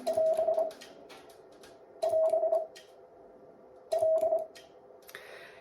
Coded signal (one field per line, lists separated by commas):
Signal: Morse code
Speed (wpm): 26 wpm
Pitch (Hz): 640 Hz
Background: none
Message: <AS> <AS> L